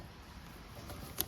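A plastic quick-connect fuel line coupling is pushed back onto the fuel pump module fitting during a fuel pump replacement on a 2009 Torrent, where a click is the sign it has gone back on properly. After low rustling and handling noise, one sharp click sounds at 1.2 s, and the coupling is then pulled back to check that it is locked. The connector is seated.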